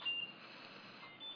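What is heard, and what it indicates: A steady airy hiss runs throughout, with a brief high-pitched electronic beep at the start and another near the end. These are the frequent beep and whoosh sounds of the home mechanical ventilator of a 20-year-old man with Duchenne muscular dystrophy who uses it 24 hours a day.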